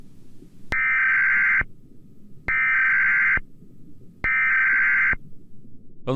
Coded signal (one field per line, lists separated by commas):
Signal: Emergency Alert System (SAME) tones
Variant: header bursts